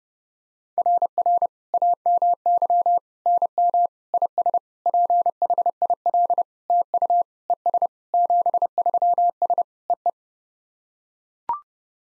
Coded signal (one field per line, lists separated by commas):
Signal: Morse code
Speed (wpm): 30 wpm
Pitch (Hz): 700 Hz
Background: none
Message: RR AMY NM IS PHIL TU ES 73S EE